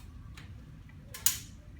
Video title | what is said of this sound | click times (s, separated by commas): FTC #9819 Livonia Qualifier Judging | and we have piece of aluminum on these bolts, so it'll click | 1.1 s, 1.3 s